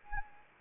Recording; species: mosquito wingbeat signal from an infrared sensor; Anopheles arabiensis